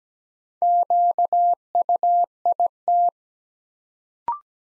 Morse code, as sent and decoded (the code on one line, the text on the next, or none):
--.- ..- .. -
QUIT